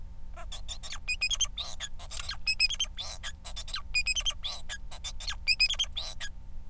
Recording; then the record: song of a male Bengalese finch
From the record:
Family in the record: son of father 4